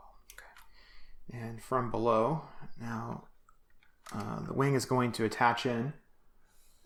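A builder presses a plastic LEGO brick connection down on a sub-assembly of a main spaceship build to close a gap he had just noticed, cinching it up. Two sharp clicks at 0.3 s and 0.4 s mark the bricks seating home, followed by a softer tick. Someone then talks over the rest of the clip.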